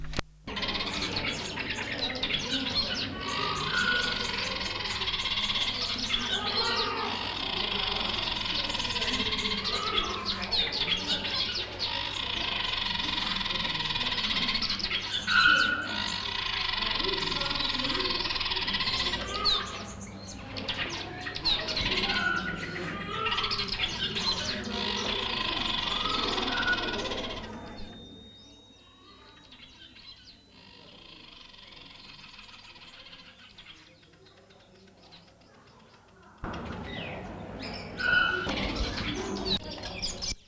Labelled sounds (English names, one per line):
Vitelline Masked-Weaver call